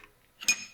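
A steel dog ring on a bare dogbox gear set from an Audi 01E AWD racing transmission is moved by hand into gear. After a quiet start, a sharp metallic clunk comes at 0.4 s and rings briefly before fading. The dog gear engages and seats.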